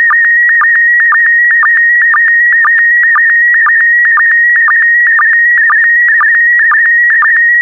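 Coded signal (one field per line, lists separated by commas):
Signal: SSTV (slow-scan television)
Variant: PD120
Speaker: Get ready. Starting transmission in 5, 4, 3, 2, 1. Transmission complete. You can now check your decoded image against the picture that is shown on the video.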